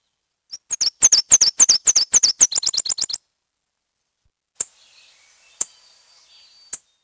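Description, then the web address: Nashville warbler song: a fast two-part series of high sharp notes, quick paired notes then a faster trill, ending abruptly, followed by silence and a few faint clicks. "Peterson North American Birds. nawa"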